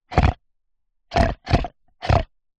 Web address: grugnito del maiale russare